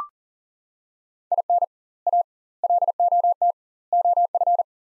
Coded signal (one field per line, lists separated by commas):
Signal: Morse code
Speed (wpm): 40 wpm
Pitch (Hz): 700 Hz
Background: none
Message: IN A LOT OF